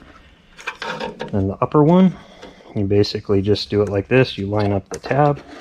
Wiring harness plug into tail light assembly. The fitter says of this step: you just basically do that and you want to give it a good squeeze so you hear a click and that's when you know it locks into place